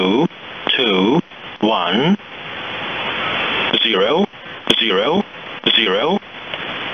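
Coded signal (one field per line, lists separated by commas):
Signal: numbers station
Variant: E07, English male voice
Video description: 3-digit ID/Group count: (0:10)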